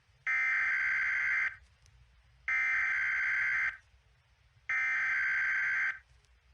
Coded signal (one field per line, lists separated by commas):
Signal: Emergency Alert System (SAME) tones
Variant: header bursts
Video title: Nunavutan EAS Alarm Mock